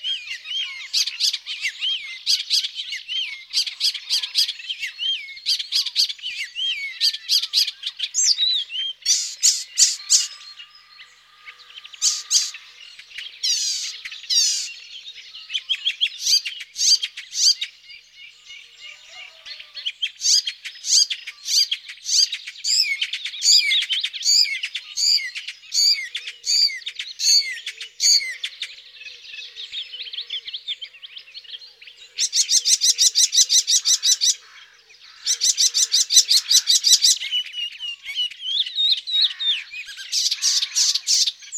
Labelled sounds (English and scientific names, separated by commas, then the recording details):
Icterine Warbler (Hippolais icterina) song
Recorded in the wild
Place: Flögelner See, Schleswig-Holstein, DE
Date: 2007-06-05
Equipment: MiniDisc Sharp MT 20 H
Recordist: Schwarz, Dieter